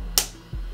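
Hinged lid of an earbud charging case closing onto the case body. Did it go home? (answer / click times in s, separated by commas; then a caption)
yes / 0.2 s. The plastic hinged lid of an Echo Buds Gen 2 wireless earbud charging case is closed onto the case body and latches with one sharp, bright click at 0.2 s, followed by a faint low thump around 0.5 s. The lid snaps shut with a satisfying click, though the case sounds a little cheap.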